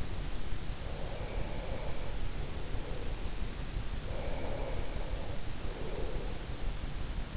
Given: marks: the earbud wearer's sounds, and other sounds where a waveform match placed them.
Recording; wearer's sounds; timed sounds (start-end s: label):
sounds in sleep by an in-ear microphone; breath
0.48-2.81 s: breath
3.71-7.07 s: breath